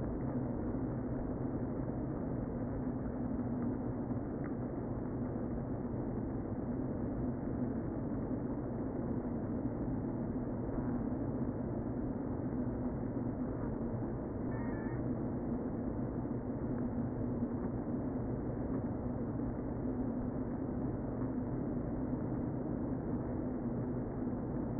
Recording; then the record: honeybee colony, microphone inside the hive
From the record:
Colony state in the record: queen present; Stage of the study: before two queens were removed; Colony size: about 60,000 bees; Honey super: yes